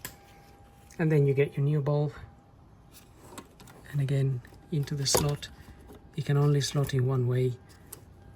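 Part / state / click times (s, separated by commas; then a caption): fog lamp bulb into its holder in the car's front lamp / not seated / none. Someone talks while a new fog lamp bulb for a Mini One F55 is lined up and slotted into its holder in the car's front lamp, which only fits one way, with a few faint handling ticks between the words. Nothing has seated or clicked into place yet.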